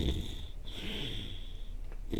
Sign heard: Stertor.